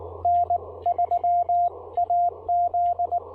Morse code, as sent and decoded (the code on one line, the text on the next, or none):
-. ...-- .- --..
N3AZ